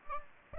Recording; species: mosquito wingbeat signal from an infrared sensor; Aedes aegypti